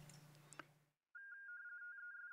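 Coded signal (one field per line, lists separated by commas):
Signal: RTTY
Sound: low hum and a click, then a steady warbling two-tone chatter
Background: room hum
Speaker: all right now we have a alc on the radio and we're gonna transmit again as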